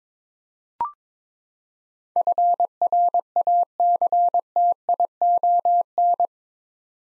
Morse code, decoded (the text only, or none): FRACTION